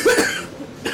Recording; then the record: coughing mixed with background sound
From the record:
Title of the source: 64 coughing, allergies, singing lungs